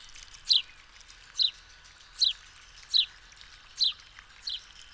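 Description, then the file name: House sparrow giving six sharp, falling chirps at a brisk, fairly even pace, with light background noise. "Passer domesticus"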